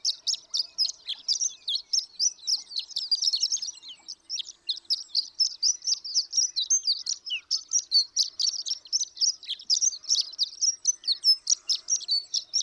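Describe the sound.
Horned lark song, a long run of high, thin tinkling notes delivered rapidly and almost without pause, with a brief dip in loudness near the middle.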